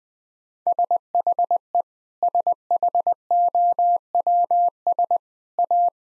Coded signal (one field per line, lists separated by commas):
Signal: Morse code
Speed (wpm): 21 wpm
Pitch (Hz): 700 Hz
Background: none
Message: SHE SHOWS A